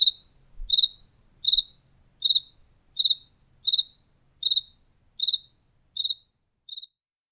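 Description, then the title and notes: Cricket chirps repeated evenly, the last few softer, with a brief low thump near the start. Recorded indoors in a house kitchen in Tlaxcala, Mexico. "Grillo Tlaxcalteca. Grillo grabado por Hugo Diego Blanco en la cocina de su casa en Tlaxcala"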